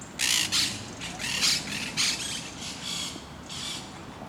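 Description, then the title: Parakeets giving loud, grating squawks in uneven bursts, several screeches close together then a few spaced out, over faint low background noise. Recorded in Parc de Forest, Saint-Gilles, Belgium, with a Sony PCM-D100 using its internal microphones in wide position. "Parc de Forest, 1060 Saint-Gilles, Belgique - Parakeets - Perruches"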